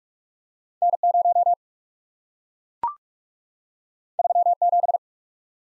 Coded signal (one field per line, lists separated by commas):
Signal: Morse code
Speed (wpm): 44 wpm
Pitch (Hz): 700 Hz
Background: none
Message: N0 37